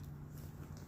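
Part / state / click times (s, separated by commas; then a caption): snap button on a leather tote bag corner / not seated / none. A hand works the first of two snap buttons on the corner of a Prada leather tote bag, with a steady low hum throughout and a brief soft sound near 0.8 s. Nothing has snapped shut or clicked yet; the clip ends just before the button seats.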